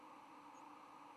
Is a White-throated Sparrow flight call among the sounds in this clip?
no